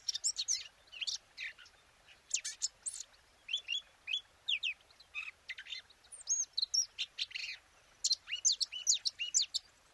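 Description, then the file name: Eurasian blackcap warbling song: a fast, varied run of high chirps and twittering notes, with short pauses, running the full ten seconds. "Sylvia atricapilla"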